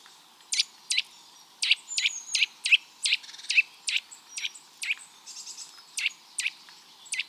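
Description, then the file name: Eurasian nuthatch giving sharp, high call notes in a rapid, uneven series, with faint thin whistles in between. "Sitta europaea"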